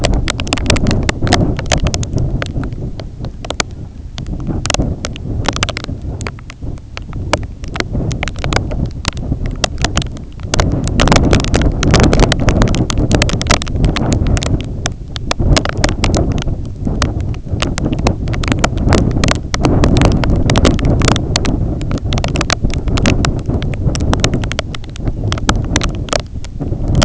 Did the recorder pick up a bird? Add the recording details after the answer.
no. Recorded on Arctic tundra, site IGLO-A, on 20 June 2018. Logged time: 21:59